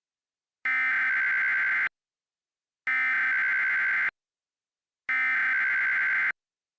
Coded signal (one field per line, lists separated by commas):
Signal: Emergency Alert System (SAME) tones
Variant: header bursts